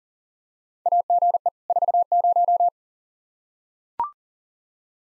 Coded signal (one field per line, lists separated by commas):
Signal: Morse code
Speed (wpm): 40 wpm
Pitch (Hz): 700 Hz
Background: none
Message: AGE 40